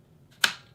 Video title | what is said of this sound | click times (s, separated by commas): Mapump Mag loaders use and thoughts- AR15 (5.56/300blk) and 9mm luger | out locks into place there you go | 0.4 s